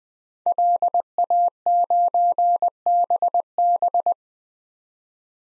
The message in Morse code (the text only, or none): LA9BB